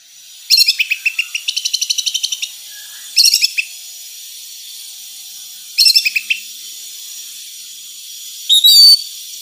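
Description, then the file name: Orange-headed thrush song: a long run of rapidly repeated chipping notes, then a few short twittering phrases spaced by pauses, over a steady hissing background. Female; recording meant for therapy or training. "suara terapi anis merah betina"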